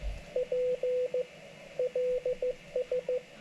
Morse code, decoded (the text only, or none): PLS